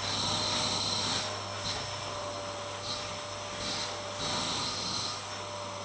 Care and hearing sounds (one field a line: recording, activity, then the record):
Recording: daily activity, microphone in the room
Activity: vacuum cleaning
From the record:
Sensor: 3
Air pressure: 1000.1 hPa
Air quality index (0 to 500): 136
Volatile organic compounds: 2 ppm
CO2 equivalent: 1210 ppm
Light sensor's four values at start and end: 39/101/42/46 and 39/100/42/46